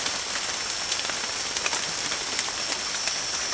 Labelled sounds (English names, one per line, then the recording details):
none
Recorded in secondary vegetation near Puerto Asís, Putumayo, Colombia, on 24 June 2025
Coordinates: 0.488, -76.319
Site G094